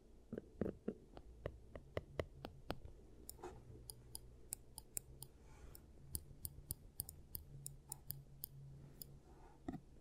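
Sharp clicks and snips of tools come through steadily for giant teeth treatment, spaced irregularly about two or three per second. Under them runs a low, soft hum that swells after the middle, and faint rustling fills the gaps.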